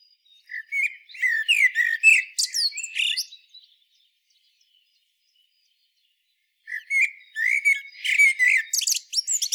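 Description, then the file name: Common blackbird singing in two bursts of warbled whistles and squeaky chatter, separated by about three seconds of silence. "Turdus merula"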